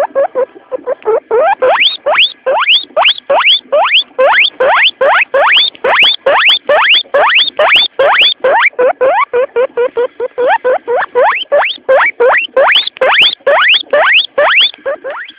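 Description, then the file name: Guinea pig giving loud rising whistled squeals, each sweeping sharply upward, repeated about twice a second in a long unbroken series. Alarm call. "cuy allert"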